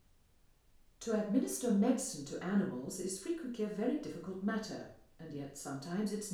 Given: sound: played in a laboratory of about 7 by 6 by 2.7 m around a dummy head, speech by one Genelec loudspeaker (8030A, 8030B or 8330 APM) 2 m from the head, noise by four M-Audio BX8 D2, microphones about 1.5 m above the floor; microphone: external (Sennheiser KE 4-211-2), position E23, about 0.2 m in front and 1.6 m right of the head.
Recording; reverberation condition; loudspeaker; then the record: female speech in English; medium; 30 degrees to the right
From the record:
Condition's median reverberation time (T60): about 510 ms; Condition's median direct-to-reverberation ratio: about -0.5 dB